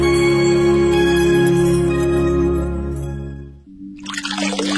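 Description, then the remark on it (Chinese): Water runs steadily from a tap with a constant ringing, humming tone, then shifts near the end into a brighter, hissing splash. No one speaks. “你知道随时关节水龙头可以节省很多水？”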